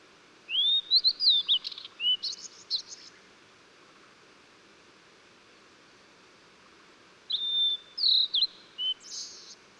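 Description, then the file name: Blue-and-white flycatcher: two whistled song phrases several seconds apart, each of sliding clear notes finishing in a dry buzzy ending. Recorded 14 June 2009. "20090614 ooruri"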